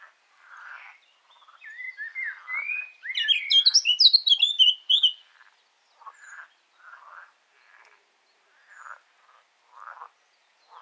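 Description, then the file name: Eurasian blackcap song: a quiet warble rises into a loud, fast cascade of pure fluting notes, followed by soft scattered chattering notes. "Sylvia atricapilla"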